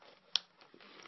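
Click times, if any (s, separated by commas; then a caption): 0.4 s. The lower part of a transforming plastic robot toy's truck grille is pulled out on the leg until it snaps into its extended position, forming heels so the figure stands properly. A single sharp plastic click lands at 0.4 s amid faint handling noises, and the heel piece is seated.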